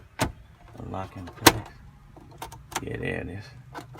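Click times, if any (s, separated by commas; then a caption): none. An AC part or trim panel is handled against the dashboard of a Mercedes Sprinter van while the AC repair is being reassembled, giving a few sharp knocks and rustling handling noises as someone talks. Nothing has seated or clicked into place yet.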